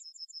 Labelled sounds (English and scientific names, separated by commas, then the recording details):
Yellowhammer (Emberiza citrinella) song
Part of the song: start
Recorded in the Czech Republic on 2 July 2013
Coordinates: 50.761, 14.682
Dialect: BE
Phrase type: D56
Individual 315187